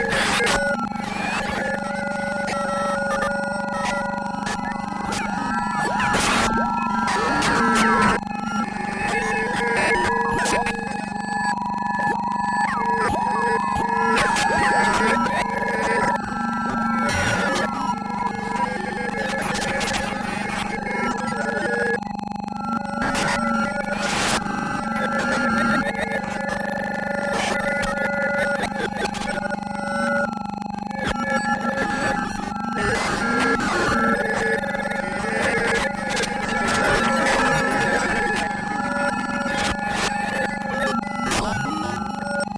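Sixteen sine waves random-walk in pitch, forming a dense, unbroken electronic chord with steady low and middle tones holding while higher ones drift and warble. Sharp clicks and bursts punctuate it every few seconds, and the loudness stays constant throughout.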